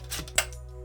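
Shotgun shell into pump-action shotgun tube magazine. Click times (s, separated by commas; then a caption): 0.4 s. The last 12 gauge buckshot shell is pushed into the tube magazine of a Radikal P3 pump-action shotgun, with a brief scraping slide before a sharp, bright click at 0.4 s as the shell latch catches. Fainter ticks follow, and the magazine is fully loaded with five shots.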